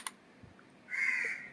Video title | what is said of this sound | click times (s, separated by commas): ab dick height lifting solution 9444304086 | இந்த ஆம் moment போய் இது லாக் ஆகும். | 0.1 s